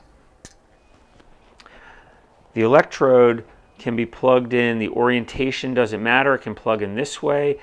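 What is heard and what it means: A plastic electrode pad connector is pushed onto the metal prongs of a BioWave treatment device's cable and clicks into place at 0.5 s. A few fainter ticks follow around 1.2 s and 1.6 s, and then someone talks over a quiet background. The connector is seated in the cable.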